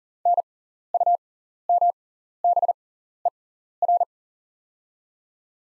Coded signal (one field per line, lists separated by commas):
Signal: Morse code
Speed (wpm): 38 wpm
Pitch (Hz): 700 Hz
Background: none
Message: NUMBER